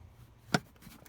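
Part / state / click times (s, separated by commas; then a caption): plastic cover onto engine bay fuse and relay box / seated / 0.5 s. After the 20 amp fuse for the front power outlet is replaced on a Hyundai Tucson, the plastic cover of the engine bay fuse and relay box is pressed closed. A single sharp, bright click is heard at 0.6 s over a quiet background, with faint small taps afterward. The cover is seated tight so no water or debris gets in.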